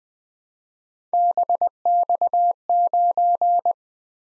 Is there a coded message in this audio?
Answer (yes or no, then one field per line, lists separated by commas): yes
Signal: Morse code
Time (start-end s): 1.1-3.7 s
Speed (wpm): 20 wpm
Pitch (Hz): 700 Hz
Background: none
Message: BX9